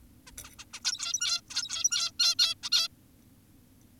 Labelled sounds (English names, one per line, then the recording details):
Zebra Finch
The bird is an adult
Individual g17y2U